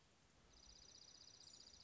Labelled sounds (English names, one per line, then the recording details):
Dark-eyed Junco
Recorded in Sonoma County, California